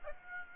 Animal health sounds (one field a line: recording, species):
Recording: mosquito wingbeat signal from an infrared sensor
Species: Aedes aegypti